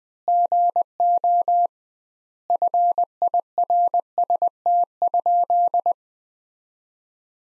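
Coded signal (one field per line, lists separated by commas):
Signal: Morse code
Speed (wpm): 21 wpm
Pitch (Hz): 700 Hz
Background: none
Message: GO FIRST?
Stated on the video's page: Morse practice at 20 wpm: sentences built from the top 100 words, sent with twice the standard word spacing.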